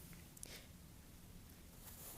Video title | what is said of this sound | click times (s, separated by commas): Aspire Triton - A tank for everyone | So yeah, the the coil just pops right into there | 0.4 s